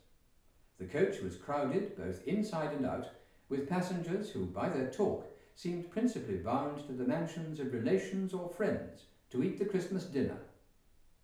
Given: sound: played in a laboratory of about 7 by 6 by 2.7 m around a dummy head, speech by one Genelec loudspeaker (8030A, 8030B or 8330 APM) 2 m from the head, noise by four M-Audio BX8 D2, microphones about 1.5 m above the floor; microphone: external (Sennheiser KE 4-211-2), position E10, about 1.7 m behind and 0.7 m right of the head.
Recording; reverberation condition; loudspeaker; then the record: male speech in English; medium; 90 degrees to the right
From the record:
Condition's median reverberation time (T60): about 510 ms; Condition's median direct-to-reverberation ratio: about -0.5 dB